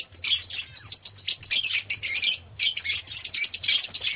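Lovebird calls, dense shrill chirping and squeaking that runs almost without pause, rising and falling in loudness.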